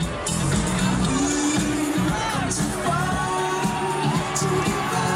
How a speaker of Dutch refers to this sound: Oh mijn god, kippenvel. Ja toch? Kippenvel. Je hoort het publiek helemaal uit zijn dak gaan.